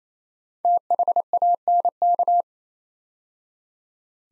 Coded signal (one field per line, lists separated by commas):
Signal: Morse code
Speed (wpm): 27 wpm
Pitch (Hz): 700 Hz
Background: none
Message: THANK